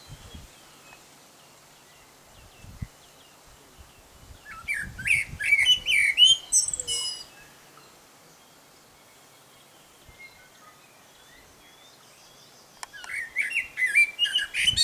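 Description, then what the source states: Common blackbird singing two separate phrases, each a low fluty warble breaking into thin, high chattering notes, with a quiet gap of several seconds between them. Male singing.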